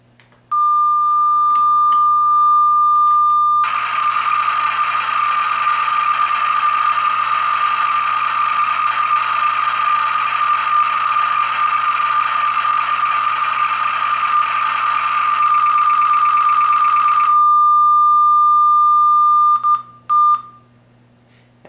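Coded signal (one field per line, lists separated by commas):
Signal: computer data on cassette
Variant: Oberheim OB-Xa patch dump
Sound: steady high lead tone, then about 14 seconds of harsh buzzing data screech, tone resumes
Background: low mains hum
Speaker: now we're going to play the factory wav file which you can download through the link in the description of the video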